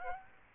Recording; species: mosquito wingbeat signal from an infrared sensor; Aedes aegypti